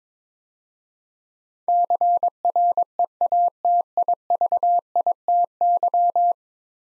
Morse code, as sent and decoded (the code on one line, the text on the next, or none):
-.-. .-. . .- - .. ...- .. - -.--
CREATIVITY